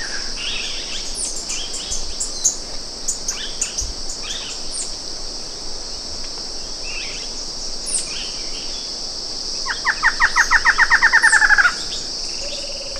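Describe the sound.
Bird giving scattered faint notes, then a rapid run of short repeated notes for about two seconds near the end, with a steady high insect drone throughout.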